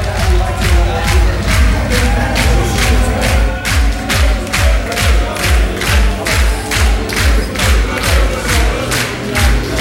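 A crowd roars and cheers continuously over a steady, thumping dance beat with heavy bass kicks pulsing at an even tempo, the noise staying loud and dense throughout.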